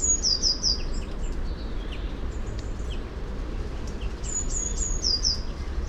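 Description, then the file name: Eurasian blue tit phrases: a few very high, thin notes running into a rapid descending trill, given twice, with faint chirps from other birds and a low background hum. "Cyanistes caeruleus"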